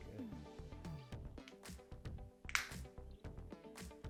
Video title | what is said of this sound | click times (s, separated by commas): ✨ iVUE's Lightest Model Has a Massive Surprise ✨ | Yeah, that clicks in really easy. | 2.5 s, 2.6 s